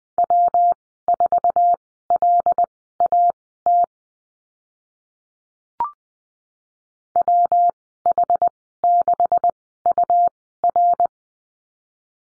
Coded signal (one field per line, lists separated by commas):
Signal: Morse code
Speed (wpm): 20 wpm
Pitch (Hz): 700 Hz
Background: none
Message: W4LAT WH6UR